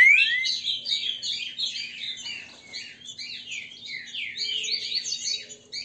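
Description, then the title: Green-winged saltator delivering a busy, unbroken run of buzzy slurred notes and sweeping whistles, with a faint background hum throughout. Male singing in a territorial, macho manner ('macheando'). "Canto De Trinca Ferro. TRINCA FERRO cantando e macheando"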